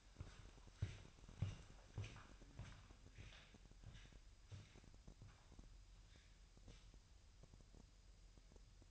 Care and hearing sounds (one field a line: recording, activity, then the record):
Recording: daily activity, microphone in the room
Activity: walk to room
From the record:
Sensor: 2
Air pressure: 1001.9 hPa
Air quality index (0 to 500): 246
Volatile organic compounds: 34 ppm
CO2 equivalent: 3035 ppm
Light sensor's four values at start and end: 7/16/7/7 and 7/17/7/7